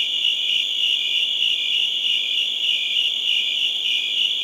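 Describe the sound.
Crickets trilling continuously, a bright high buzz with gentle rhythmic swells through the short stretch.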